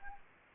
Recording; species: mosquito wingbeat signal from an infrared sensor; Anopheles arabiensis